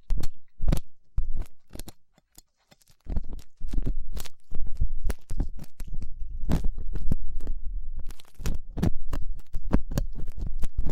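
Ear cleaning sounds with latex gloves, a dental pick and cotton swabs: sharp scratchy clicks and scrapes come in irregular bursts, several per second, over a soft low rumble. A near-silent gap falls around two to three seconds before steady rustling contact resumes.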